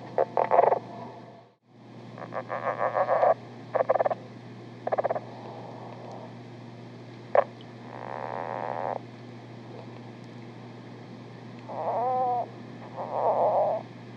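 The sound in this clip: Lowland leopard frog calling with accelerating pulsed clicks, short knocks and drawn-out rasping snores, plus a few chuckling notes, above a constant low hum.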